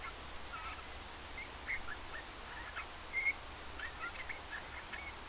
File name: Pyrrhula pyrrhula